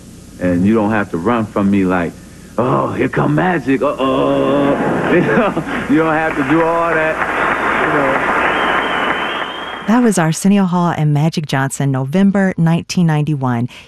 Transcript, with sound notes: And you don't have to run from me, like, oh, here come Magic. Uh-oh. You know, you don't have to do all that. You know.
(APPLAUSE)
That was Arsenio Hall and Magic Johnson, November 1991.